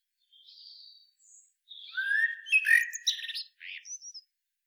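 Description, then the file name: Eurasian blackbird singing a phrase: soft high thin notes, then a mellow fluted warble that breaks into a squeaky, twittering ending, with a brief high flourish after. "Turdus merula"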